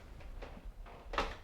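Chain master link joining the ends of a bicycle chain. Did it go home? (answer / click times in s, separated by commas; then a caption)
no / none. A chain master link joining the ends of a bicycle chain is handled while the pedal is pushed for leverage on a Shimano Deore M6100 12-speed drivetrain with a 10-51t cassette on a bike. Soft scrapes and knocks come at about 0.2, 0.4 and 0.9 seconds, then a sharper, louder tap at 1.2 seconds. The link has not yet snapped into place, and nothing has seated or clicked.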